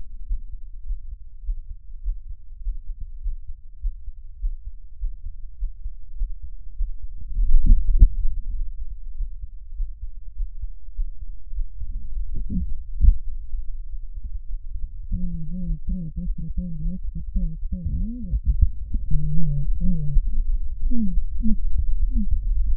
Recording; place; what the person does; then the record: lung sounds by stethoscope; right anterior apical chest; quiet breathing, then cough and speech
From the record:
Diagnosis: interstitial lung disease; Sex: female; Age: 70 years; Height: 160 cm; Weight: 93 kg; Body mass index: 36.3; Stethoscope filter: bell mode